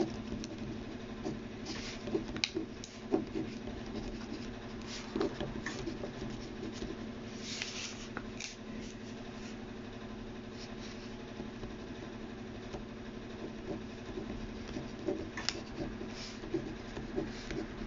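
Sounds of someone copying out text by hand: short, soft scratching and tapping strokes come in irregular clusters, busiest around the two-, five-, eight- and fifteen-second marks. Under them a steady low hum, like an idling engine, runs throughout.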